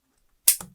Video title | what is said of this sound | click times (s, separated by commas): 라노제트, 회전식 면도기 초보자 면도 2번 한 사연(現 파나소닉 사용자) | 소리가 나게 돌리며 는 결합이 된거구요 | 0.5 s